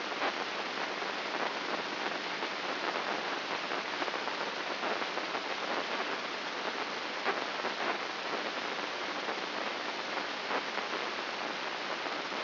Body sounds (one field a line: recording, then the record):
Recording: brain microelectrode recording played as sound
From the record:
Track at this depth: outside the subthalamic nucleus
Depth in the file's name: 6.829 mm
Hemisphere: left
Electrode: 3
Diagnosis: Parkinson's disease